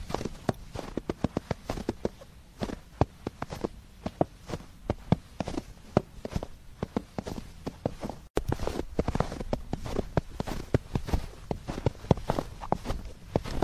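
Footsteps crunch through snow at a steady walking pace, each step a short, dry crackle with a soft thud underneath. A brief silent cut comes just after eight seconds, and the walking then resumes slightly denser, with a faint rustling hiss in between steps.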